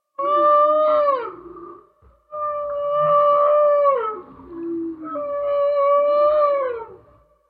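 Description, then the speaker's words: Humpback whale song: three long, tonal, moaning units, each holding a steady pitch and then sliding downward, with shorter, lower notes between them and rich harmonics. Male humpback song; males develop a new song every year; a song can last 20 minutes, tends to start in Western Australia and is passed across the entire Pacific. "And they pass along this song across the entire Pacific."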